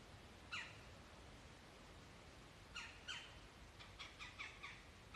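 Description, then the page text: Red-bellied woodpecker calls: a single harsh note, a pause, a doubled note, then a faster run of rasping chucks near the end, with faint background hiss throughout. Recorded in Maryland. "Maryland Biodiversity. Red-bellied Woodpecker ( Melanerpes carolinus )"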